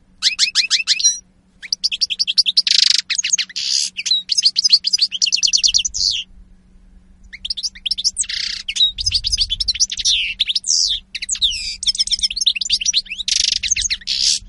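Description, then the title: European goldfinch song, rapid twittering runs of high chirps and buzzy notes, pausing briefly near six seconds, with a faint low hum beneath. Spanish goldfinch lure call (reclamo). "Reclamo jilguero espaÑol"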